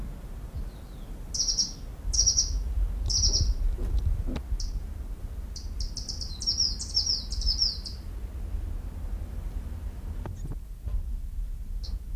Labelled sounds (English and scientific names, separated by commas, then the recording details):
Orange-cheeked Waxbill (Estrilda melpoda) call
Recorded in captivity
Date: 1985-03-04
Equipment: Halbspur, 9,5 cm/s
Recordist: Lütgens, Hans